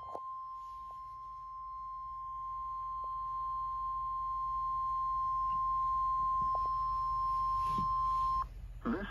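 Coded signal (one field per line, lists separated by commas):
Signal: Emergency Alert System (SAME) tones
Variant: 1050 Hz attention tone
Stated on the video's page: Weekly weather radio tests, among several EAS tests.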